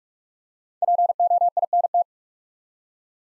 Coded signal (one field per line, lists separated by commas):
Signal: Morse code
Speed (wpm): 44 wpm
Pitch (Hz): 700 Hz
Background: none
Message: POINT